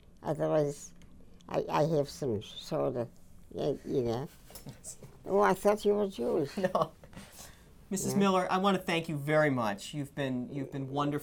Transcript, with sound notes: Otherwise I have some soda, you know? I thought you were Jewish. ( he laughs )
Mrs. Miller, I want to thank you very much. You've been, you've been wonderful.